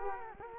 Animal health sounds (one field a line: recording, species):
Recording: mosquito wingbeat signal from an infrared sensor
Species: Culex quinquefasciatus